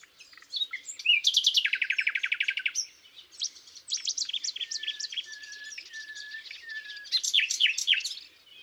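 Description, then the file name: Common nightingale song opening with a fast, powerful rattle of repeated notes, followed by quieter whistles, then another sharp burst of chirps. "Luscinia megarhynchos"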